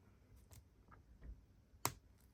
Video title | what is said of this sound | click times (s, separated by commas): Sh figuarts ssj gohan vs ssj2 gohan comparison - is one better then the other ?? | there you go you heard that click you can see the skin tone is | 1.8 s